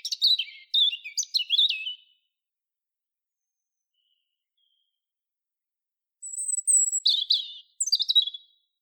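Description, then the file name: European robin giving twittering, high warbled phrases in two bouts around a silent gap, including thin whistled notes and rapid chips. "Erithacus rubecula"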